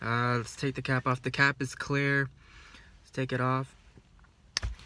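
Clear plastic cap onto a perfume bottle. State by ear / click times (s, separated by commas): seated / 4.6 s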